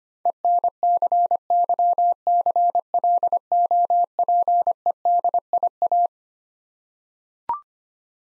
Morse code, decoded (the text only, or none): ENCYCLOPEDIA